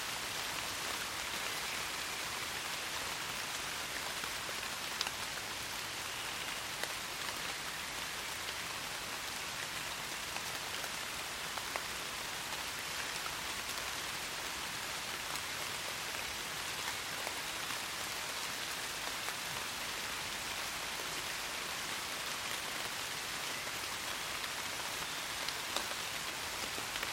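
Gentle rain falls steadily in a forest, a dense, even hiss of countless drops with no pauses or swells. The sound sits mostly in the bright upper range, with a soft low rumble beneath and faint individual drop ticks scattered throughout.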